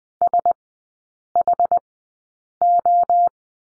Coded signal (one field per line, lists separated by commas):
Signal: Morse code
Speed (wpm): 20 wpm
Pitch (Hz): 700 Hz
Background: none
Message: SHO